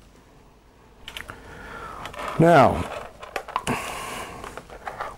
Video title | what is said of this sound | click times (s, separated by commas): GasTrac Video Series - 2 of 6.wmv | very easy to put the protective housing back on just slides on and locks in place with that locking tab now | 1.1 s